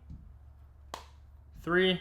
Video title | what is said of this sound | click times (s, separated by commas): Benks Armor Pro for iPhone 15 Pro Max - EXCELLENT As Always! | four all four corners sound very good nice secure click onto all four corners so | 0.9 s